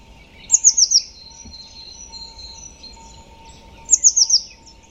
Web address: cianscape birddata Deverinetal 2025 File origin Bird Only Cy Ca